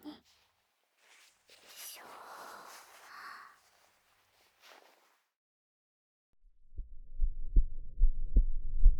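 Soft rustling and handling noise as the ear of a dummy-head microphone is pressed against the chest gives way to deep, muffled thumps. The thumps come in a steady lub-dub pattern at about 74 beats a minute, the sound of an adult heartbeat heard through the chest.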